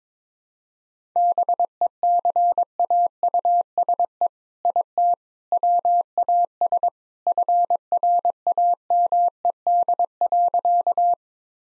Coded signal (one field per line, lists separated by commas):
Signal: Morse code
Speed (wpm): 21 wpm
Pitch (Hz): 700 Hz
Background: none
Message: BECAUSE IT WAS FRAMED.